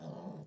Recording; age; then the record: pig call; piglet (1 to 25 days)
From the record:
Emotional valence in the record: negative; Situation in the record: short isolation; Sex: female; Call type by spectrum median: low-frequency call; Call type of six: low-frequency modulated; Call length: 0.46 s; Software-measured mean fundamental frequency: 60 Hz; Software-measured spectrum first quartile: 183 Hz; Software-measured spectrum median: 331 Hz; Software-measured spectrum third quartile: 695 Hz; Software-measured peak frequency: 186 Hz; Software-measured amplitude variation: 161 dB a second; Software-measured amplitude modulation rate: 22.6 a second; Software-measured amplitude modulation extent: 7.1 dB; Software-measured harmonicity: 1.5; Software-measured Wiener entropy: -0.08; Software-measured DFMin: 967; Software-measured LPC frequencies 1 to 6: 3568, 4349, 5230, 6085, 7685, 9165 Hz